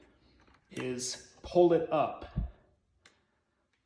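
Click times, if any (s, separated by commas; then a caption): 3.1 s. Someone talks while pulling the small plastic safety interlock plunger on the right side of a Craftsman 2x20 Volt brushless cordless lawnmower (model CMCMW220 or CMCMW220P2) up into its working position; the interlock's spring is not strong enough. After the talking stops, a single faint, sharp click is heard at 3.1 s as the interlock seats in place.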